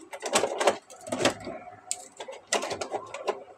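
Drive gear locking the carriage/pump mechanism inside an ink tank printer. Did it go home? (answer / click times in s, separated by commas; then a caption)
yes / 2.5 s. Inside an opened Epson L3210 ink tank printer, a plastic drive gear is turned to lock the carriage/pump mechanism. Ratcheting clicks and rattles are heard around 0.4, 0.7 and 1.3 seconds, then a short sharp tick at 1.9 seconds. The gear locks into place with a firm click at 2.5 seconds, followed by a few lighter clicks.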